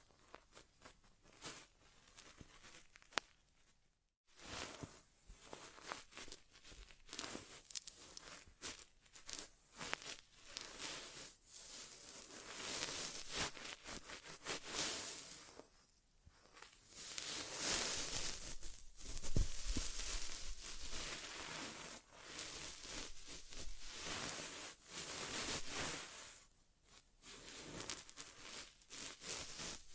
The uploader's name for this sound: ASMR Inner Ear Exam (No Talking)